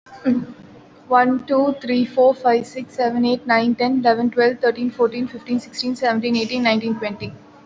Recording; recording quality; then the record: counting at a normal pace; excellent, no background noise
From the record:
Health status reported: recovered from COVID-19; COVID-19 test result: positive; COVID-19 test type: RT-PCR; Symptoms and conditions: another condition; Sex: female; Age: 19 years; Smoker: no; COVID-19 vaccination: one dose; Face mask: worn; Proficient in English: yes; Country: India